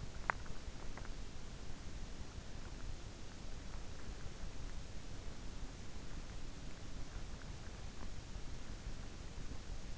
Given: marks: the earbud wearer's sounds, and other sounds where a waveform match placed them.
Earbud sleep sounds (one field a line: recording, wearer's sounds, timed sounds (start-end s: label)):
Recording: sounds in sleep by an in-ear microphone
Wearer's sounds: teeth grinding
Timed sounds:
0.00-0.83 s: teeth grinding